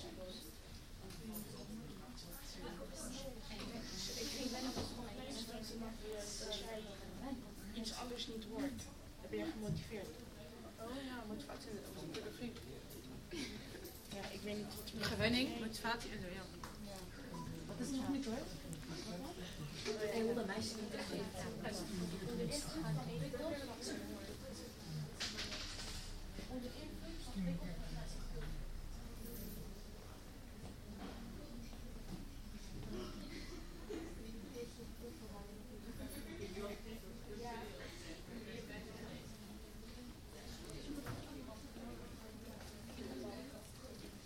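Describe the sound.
Indoor ambience in a public library, filled with a steady murmur of overlapping voices talking. Occasional sharper knocks and brief hissing sounds stand out, around 15 and 25 seconds, over a constant low room hum.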